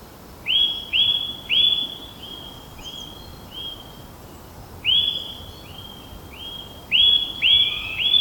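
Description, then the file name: Eurasian nuthatch calling with loud, ringing upslurred whistles, given in short bursts of one to three notes separated by quieter, flatter whistles. "Sitta europaea"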